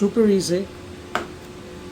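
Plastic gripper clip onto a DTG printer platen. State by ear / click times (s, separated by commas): seated / 1.1 s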